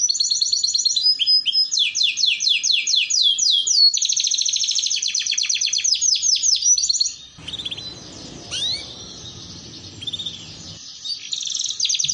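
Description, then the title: Canary song of rapid buzzy trills and rolled chirps, high-pitched and continuous for seven seconds, then a hissing noisy pause with scattered whistles before trilling resumes. Belgian canary song played to warm up, lure and train canaries, a master song for young canaries learning to sing. "Canto Para Esquentar Canário Belga. Terapi Pancingan Suara Kenari Gacor || Masteran Kenari Paud Belajar Bunyi"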